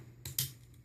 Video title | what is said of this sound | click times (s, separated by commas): Jetfire / Skyfire - Transformers G1 Review | two clicks there we go | 0.4 s